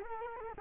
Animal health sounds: mosquito wingbeat signal from an infrared sensor; Culex quinquefasciatus

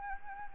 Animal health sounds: mosquito wingbeat signal from an infrared sensor; Anopheles gambiae

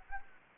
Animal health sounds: mosquito wingbeat signal from an infrared sensor; Anopheles gambiae

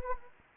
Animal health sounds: mosquito wingbeat signal from an infrared sensor; Anopheles arabiensis

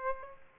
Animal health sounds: mosquito wingbeat signal from an infrared sensor; Aedes aegypti

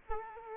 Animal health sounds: mosquito wingbeat signal from an infrared sensor; Culex quinquefasciatus

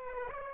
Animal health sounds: mosquito wingbeat signal from an infrared sensor; Aedes aegypti

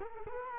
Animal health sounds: mosquito wingbeat signal from an infrared sensor; Culex quinquefasciatus

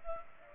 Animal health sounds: mosquito wingbeat signal from an infrared sensor; Culex pipiens

